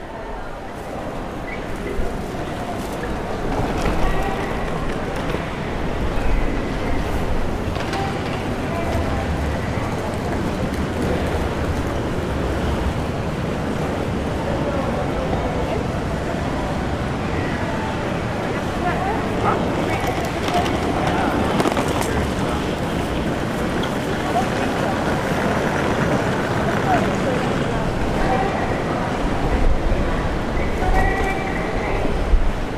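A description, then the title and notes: A Tokyo street soundscape: a dense, steady wash of traffic and crowd noise with voices murmuring throughout. The level rises slightly after the first few seconds and then holds even, with occasional brief clatters and a few short higher tones toward the end. Sounds of Tokyo | Tokyo, Japan.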